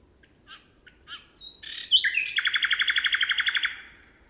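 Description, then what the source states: Common nightingale song: a few quiet, scattered notes lead into a loud, rapid, machine-gun trill of many evenly repeated pulses. 26 June.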